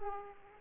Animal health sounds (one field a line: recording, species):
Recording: mosquito wingbeat signal from an infrared sensor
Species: Aedes aegypti